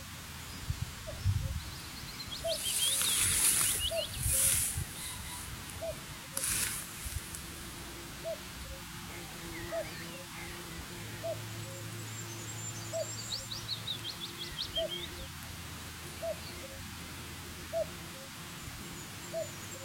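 An outdoor recording in the Galtee Mountains, with a steady low clicking or knocking call repeating about every second throughout. Brighter bird chirps burst in between three and seven seconds, a thin high trill follows later, and a faint low hum drifts underneath.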